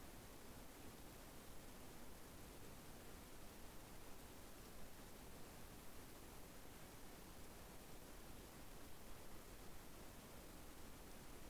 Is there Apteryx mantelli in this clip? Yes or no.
no